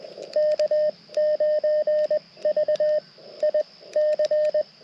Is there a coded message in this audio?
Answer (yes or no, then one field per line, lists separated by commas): yes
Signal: Morse code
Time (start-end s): 0.4-4.6 s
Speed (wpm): 21 wpm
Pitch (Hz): 610 Hz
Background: radio noise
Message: K9V I C